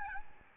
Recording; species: mosquito wingbeat signal from an infrared sensor; Aedes albopictus